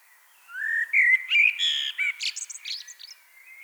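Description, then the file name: Common blackbird song, a rich low warbled phrase rising slightly, followed by a run of thin, scratchy high twittering notes. "Turdus merula"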